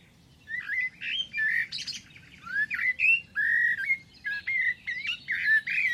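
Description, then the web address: Bird singing steadily, a chain of varied whistled chirps and slurred notes with brief gaps between them. "Deverinetal. Bird Only"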